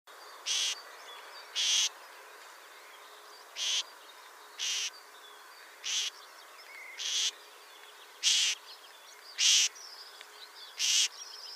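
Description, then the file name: Great grey shrike giving harsh, rasping notes, nine in all, repeated roughly every second with uneven spacing, over faint steady background hiss. "Averla Maggiore"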